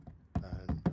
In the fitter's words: if you give them a bit of a Twist they should then lock into place better so they're not